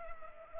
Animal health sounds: mosquito wingbeat signal from an infrared sensor; Culex pipiens

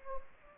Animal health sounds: mosquito wingbeat signal from an infrared sensor; Anopheles gambiae

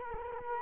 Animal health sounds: mosquito wingbeat signal from an infrared sensor; Culex quinquefasciatus

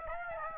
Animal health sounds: mosquito wingbeat signal from an infrared sensor; Aedes albopictus

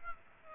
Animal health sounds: mosquito wingbeat signal from an infrared sensor; Aedes aegypti

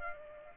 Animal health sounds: mosquito wingbeat signal from an infrared sensor; Aedes aegypti

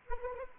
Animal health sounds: mosquito wingbeat signal from an infrared sensor; Anopheles arabiensis

